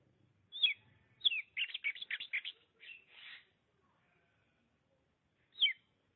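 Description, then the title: Oriental magpie-robin song: sharp downslurred whistles and a fast burst of scratchy chattering notes, then a pause of about two seconds before one more slurred note. "Suara Kicauan Burung Kacer Durasi Panjang"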